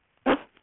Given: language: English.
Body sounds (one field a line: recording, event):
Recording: throat vibration sensor signal played as sound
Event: cough